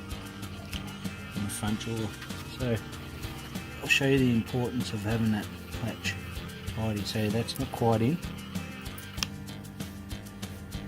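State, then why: Seated. While maintaining a steel predator trap, someone talks as the trap trigger is set so it catches in place on the pan, with music playing underneath. A single sharp metallic click at 9.2 s marks the trigger seating in its set position, followed by a few softer knocks.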